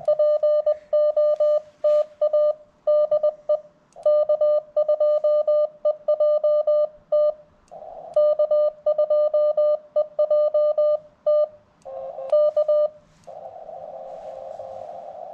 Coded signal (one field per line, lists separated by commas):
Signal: Morse code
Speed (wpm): 20 wpm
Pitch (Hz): 600 Hz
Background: none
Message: POTA DE K2EJT K2EJT K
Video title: Wait....WHAT key? CW POTA at K-2032